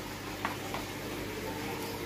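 A plastic fitting is pushed onto a plastic bottle to lock it, making an air-tight bottle air pump for a fish tank. A short, sharp click sounds at 0.45 s over a steady background hum, with a second faint tick near 0.75 s. The fitting is confirmed locked in place.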